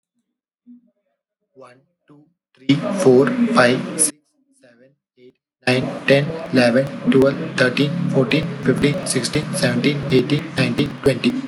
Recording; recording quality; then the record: counting at a fast pace; moderate, slight background noise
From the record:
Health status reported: healthy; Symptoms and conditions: none ticked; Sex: male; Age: 21 years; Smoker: not ticked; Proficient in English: yes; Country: India